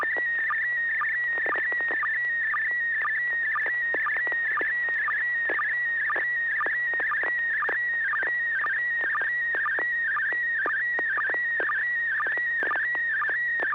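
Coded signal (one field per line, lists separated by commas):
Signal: SSTV (slow-scan television)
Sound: warbling high tone with rhythmic low blips about twice a second, plus clicks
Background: low hum, FM static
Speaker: so without objection uh here I go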